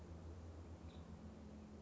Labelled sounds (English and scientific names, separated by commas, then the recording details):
Nuttall's Woodpecker (Dryobates nuttallii)
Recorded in Sonoma County, California